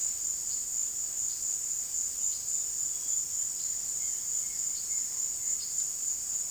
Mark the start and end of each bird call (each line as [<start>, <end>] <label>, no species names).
[3.64, 5.77] bird call